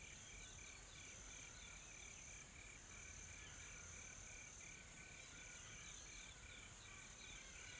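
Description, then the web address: Insects chirp in a regular run of brief repeated notes above a dense high insect hum that continues throughout. Soft, calm insect ambience in tropical forest, South Africa. "Sonniss - GDC 2020-Game Audio Bundle Smart Sound FX - Nature South Africa AMBIENCE Additional Tropical Forest Soft Insects Calm"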